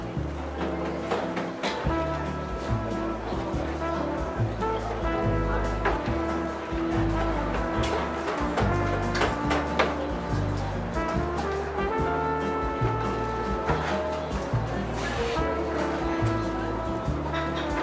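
Seaside cafe ambience carried mostly by steady background music: a low bass line stepping to a new note about every half second, with held melodic tones above it. A soft wash of murmuring voices and light clatter runs underneath at an even level.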